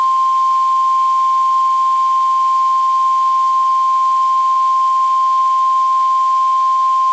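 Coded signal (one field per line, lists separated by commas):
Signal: Emergency Alert System (SAME) tones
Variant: 1050 Hz attention tone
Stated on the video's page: Severe thunderstorm warning received on NOAA Weather Radio WWG83.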